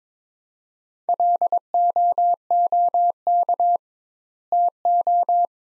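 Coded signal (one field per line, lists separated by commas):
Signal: Morse code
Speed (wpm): 22 wpm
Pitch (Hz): 700 Hz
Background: none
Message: LOOK TO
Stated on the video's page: Morse practice at 22 wpm: sentences from the top 400 words sent with 2x standard word spacing, a word-based Farnsworth-like method.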